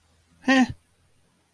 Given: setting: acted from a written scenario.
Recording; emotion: vocal sound without words; neutral